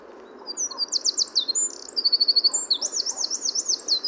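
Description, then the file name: Eurasian wren pouring out a high, ringing song of quick trills and rattling note runs, crisp and loud against a quiet background. "Troglodytes troglodytes"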